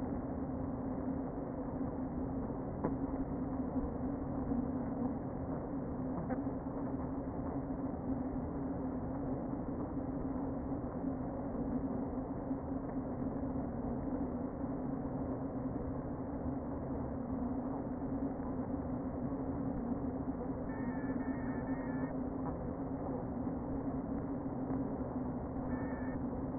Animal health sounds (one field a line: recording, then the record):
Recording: honeybee colony, microphone inside the hive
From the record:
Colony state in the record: queen present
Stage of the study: before two queens were removed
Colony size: about 60,000 bees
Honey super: yes